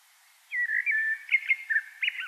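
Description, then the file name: Common blackbird giving one smooth, low fluted phrase that breaks into a few quick, wavering notes toward its end. "Turdus merula"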